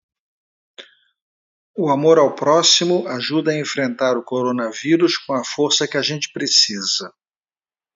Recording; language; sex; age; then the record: spoken sentence; Brazilian Portuguese; male; 60 to 69 years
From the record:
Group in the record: control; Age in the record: 64 years